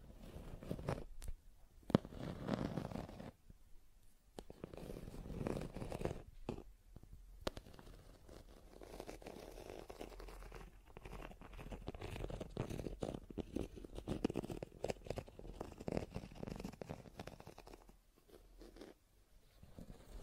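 Scratching and tracing sounds run through the whole stretch, a dense, uneven rasp of strokes with a rough, papery grain. Brief pauses break it near the start, around seven seconds, and again near eighteen seconds, and the strokes vary in pressure and pace.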